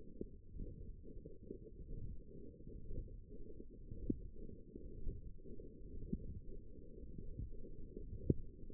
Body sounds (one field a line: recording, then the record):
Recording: forearm muscle sounds (acoustic myography)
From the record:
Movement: hand closing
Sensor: system 1, eight BSWA MPA416 microphones around the upper forearm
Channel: 7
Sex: female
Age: 21 years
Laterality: right